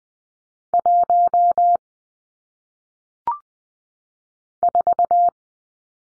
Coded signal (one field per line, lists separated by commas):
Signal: Morse code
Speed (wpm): 20 wpm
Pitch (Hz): 700 Hz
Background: none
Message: 1 4